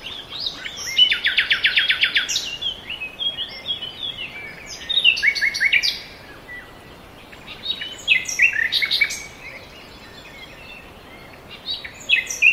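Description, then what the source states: Birdsong with a dense fast trill near the start, followed by varied twittering phrases broken by short quieter pauses. Forest birds.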